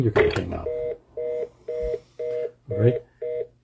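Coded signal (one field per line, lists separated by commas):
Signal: telephone call progress tone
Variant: North America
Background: speech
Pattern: reorder tone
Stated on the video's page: Tone from a Panasonic KX-TDA30 phone system after connections and basic programming, demonstrating its features.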